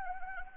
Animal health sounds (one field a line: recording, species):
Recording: mosquito wingbeat signal from an infrared sensor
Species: Anopheles gambiae